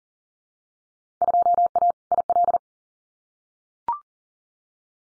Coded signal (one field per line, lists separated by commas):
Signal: Morse code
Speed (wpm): 37 wpm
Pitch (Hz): 700 Hz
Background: none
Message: 2A IL